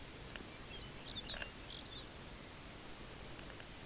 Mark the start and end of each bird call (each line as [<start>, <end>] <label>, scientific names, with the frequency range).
[0.03, 2.15] Calcarius lapponicus (1.2-6.1 kHz)